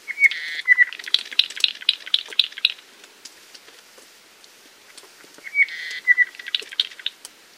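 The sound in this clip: Apapane song: a phrase opening with buzzy and whistled notes, then a fast run of sharp rattling chips, repeated after a pause by a second similar phrase.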